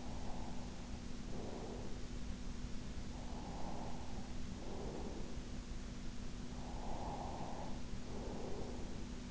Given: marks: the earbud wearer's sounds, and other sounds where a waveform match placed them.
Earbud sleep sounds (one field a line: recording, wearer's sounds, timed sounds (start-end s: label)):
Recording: sounds in sleep by an in-ear microphone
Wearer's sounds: breath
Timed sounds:
0.08-2.27 s: breath
2.85-5.44 s: breath
6.28-9.31 s: breath